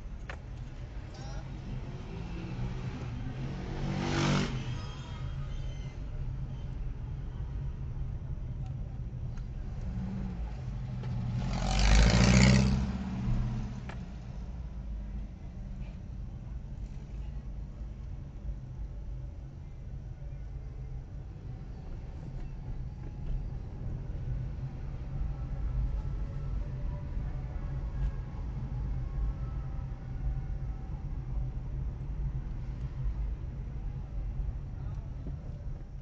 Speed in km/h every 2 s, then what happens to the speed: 13, 13, 18, 19, 14, 3, 7, 10, 10, 10, 12, 19, 23, 26, 24, 24, 22, 15.
0-7 speeds up to 19. 7-9 brakes to 3. 9-19 steady at about 10. 19-26 speeds up to 26. 26-36 slows to 15.